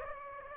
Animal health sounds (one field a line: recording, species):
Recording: mosquito wingbeat signal from an infrared sensor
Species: Aedes aegypti